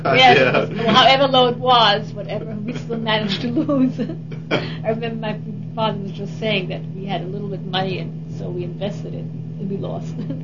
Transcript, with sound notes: Yes, however low it was, whatever it-- we still managed to lose. (Chuckle) I remember my father was just saying that we had a little bit money and so we invested it and we lost it.